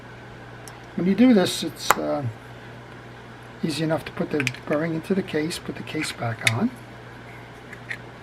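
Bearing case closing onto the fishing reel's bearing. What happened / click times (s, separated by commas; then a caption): Handled, not yet home: the case has not snapped shut / none. A bearing is put into its plastic case while a Daiwa BG 13 spinning fishing reel is reassembled, with the case about to close back on. Someone talks over a low steady hum, and a few faint ticks come near 0.7 s and 7.7–7.9 s. Nothing has seated or clicked yet.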